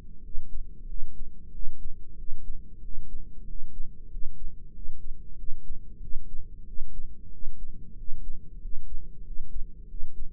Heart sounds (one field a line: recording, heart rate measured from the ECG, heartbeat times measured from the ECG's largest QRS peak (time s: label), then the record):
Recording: heart sounds by microphone in the right ear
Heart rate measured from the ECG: 93 bpm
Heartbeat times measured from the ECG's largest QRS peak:
0.20 s: heartbeat
0.85 s: heartbeat
1.50 s: heartbeat
2.14 s: heartbeat
2.79 s: heartbeat
3.43 s: heartbeat
4.07 s: heartbeat
4.70 s: heartbeat
5.34 s: heartbeat
5.98 s: heartbeat
6.63 s: heartbeat
7.28 s: heartbeat
7.93 s: heartbeat
8.57 s: heartbeat
9.21 s: heartbeat
9.85 s: heartbeat
From the record:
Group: heart failure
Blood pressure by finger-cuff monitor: 92/58 mmHg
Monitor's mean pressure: 69 mmHg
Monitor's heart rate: 92 bpm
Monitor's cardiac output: 7.8 L/min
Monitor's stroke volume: 84 mL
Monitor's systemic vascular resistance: 640 dyn s/cm5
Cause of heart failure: ischemic heart disease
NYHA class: 1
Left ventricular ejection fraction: 38%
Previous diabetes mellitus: present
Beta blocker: bisoprolol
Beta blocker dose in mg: 15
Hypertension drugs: sacubitril-valsartan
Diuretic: furosemide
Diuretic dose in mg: 20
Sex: male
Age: 33 years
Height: 172 cm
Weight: 78.5 kg